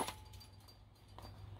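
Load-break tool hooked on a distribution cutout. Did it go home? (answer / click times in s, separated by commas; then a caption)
released / 1.2 s. A 25 kV load-break tool hooked onto a distribution cutout is pulled firmly downward on a hot stick to open the cutout. After a faint low hum and a small tick near 0.3 s, a sharp click at 1.2 s marks the tool's internal mechanism tripping open and breaking the load.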